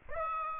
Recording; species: mosquito wingbeat signal from an infrared sensor; Aedes aegypti